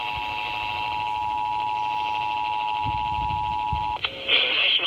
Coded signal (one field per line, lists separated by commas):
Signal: Emergency Alert System (SAME) tones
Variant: 853 and 960 Hz attention tone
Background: speech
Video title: Two Days Of Madness | EAS Alerts From 6/25-26/2021 (EAS #709-773)